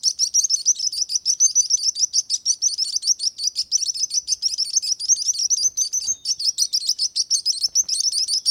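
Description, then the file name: Sparrow producing fast, repeated high chirps in a steady chattering flow. "Sparrow singing sound"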